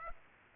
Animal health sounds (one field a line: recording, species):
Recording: mosquito wingbeat signal from an infrared sensor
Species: Aedes aegypti